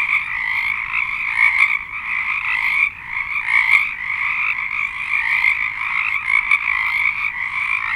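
Frog chorus, dense unbroken trilling from many callers, once briefly dipping in loudness before resuming.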